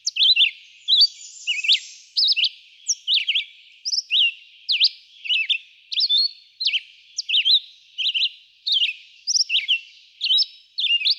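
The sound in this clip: Red-eyed vireo: continuous series of brief, slurred whistled phrases with short gaps, changing shape from phrase to phrase.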